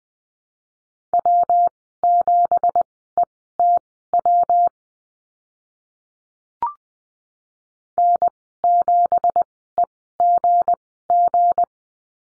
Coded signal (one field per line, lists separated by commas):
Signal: Morse code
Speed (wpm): 20 wpm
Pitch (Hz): 700 Hz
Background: none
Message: W7ETW N7EGG